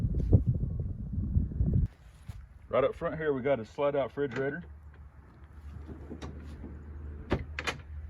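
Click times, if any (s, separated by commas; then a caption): 7.6 s. A slide-out refrigerator tray is pulled out of the front compartment of an ATV camper trailer while someone talks. A low rumbling slide is followed by a sharp metallic clunk at 7.6 s as the tray locks into place at full extension.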